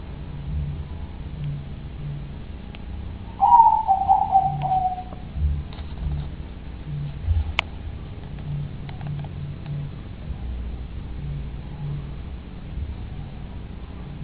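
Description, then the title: A single dove coo, short and falling, followed by scattered clicks and a steady low background hum. "Canto Da Pomba"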